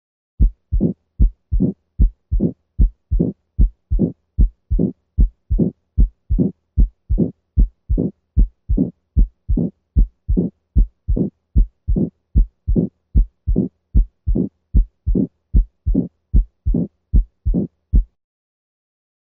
Decrescendo diastolic murmur as it would sound in a dog with vegetative endocarditis of the aortic valve.